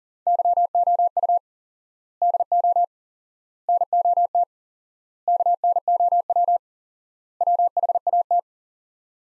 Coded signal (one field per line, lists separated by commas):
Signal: Morse code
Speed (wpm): 40 wpm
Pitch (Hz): 700 Hz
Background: none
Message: YOU DO NOT KNOW WHAT